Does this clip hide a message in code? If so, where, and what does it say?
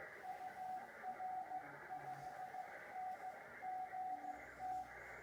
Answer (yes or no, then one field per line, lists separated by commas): yes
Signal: Morse code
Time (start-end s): 0.3-4.8 s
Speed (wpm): 15 wpm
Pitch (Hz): 740 Hz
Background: none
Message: UR5NGT